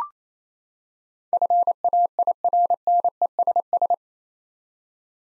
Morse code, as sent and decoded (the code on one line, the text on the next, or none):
..-. .- .. .-. -. . ... ...
FAIRNESS